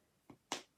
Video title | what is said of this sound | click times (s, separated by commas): Sentimentally Yours Chalky Paints & Greyboard | and when you pop your Lids on make sure you hear a click | 0.5 s